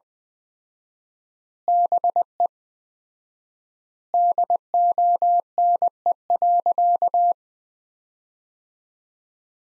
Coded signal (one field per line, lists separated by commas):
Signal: Morse code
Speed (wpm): 20 wpm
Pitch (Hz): 700 Hz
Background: none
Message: BE DONE.